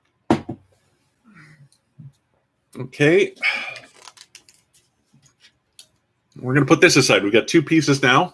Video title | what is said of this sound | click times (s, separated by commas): Building a Lego A-Wing 75248, pt 1 | um and that's just gonna click right in here | 0.3 s